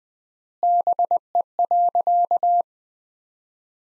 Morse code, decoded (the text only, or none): BE.